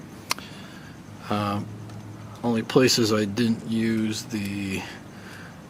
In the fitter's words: and then that locks in place like that